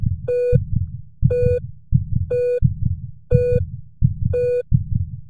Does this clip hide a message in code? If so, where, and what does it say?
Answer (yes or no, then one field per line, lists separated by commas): no